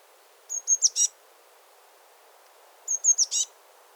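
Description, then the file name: Eurasian blue tit giving two call phrases, each of thin high piping notes running into a rough buzzy churr, about two and a half seconds apart. "Cyanistes caeruleus"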